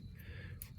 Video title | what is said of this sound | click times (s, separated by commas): Kennedy Twin Pump Install on 2013 2500HD Duramax | and push it on like that and once we hear it click | 0.6 s